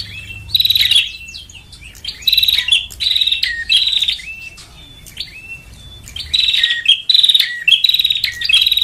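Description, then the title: Lovebird chattering, high harsh twittering bursts and sharp chirps in clusters, with a quieter stretch in the middle. Lure call for trapping lovebirds (pikat). "PIKAT BURUNG LOVEBIRD"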